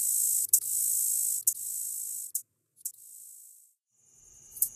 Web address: Nature Songs N America Songs of Insects -Red-headed Meadow Katydid